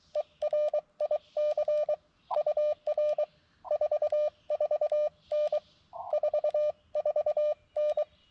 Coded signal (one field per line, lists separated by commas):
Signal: Morse code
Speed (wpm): 23 wpm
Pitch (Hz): 600 Hz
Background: none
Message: ERIC UR 44N 44N